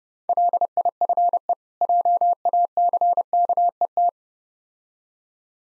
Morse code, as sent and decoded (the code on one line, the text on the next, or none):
.-.. .. ..-. . / .--- .- -.-. -.- . -
LIFE JACKET